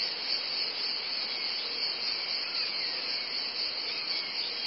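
Cicadas in a steady, dense buzzing drone, hiss-like, that holds level without pauses throughout.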